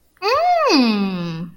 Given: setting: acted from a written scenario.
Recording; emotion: vocal sound without words; interest